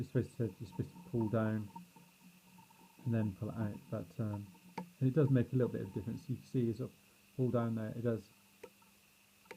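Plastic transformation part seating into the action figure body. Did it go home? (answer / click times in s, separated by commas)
yes / 9.5 s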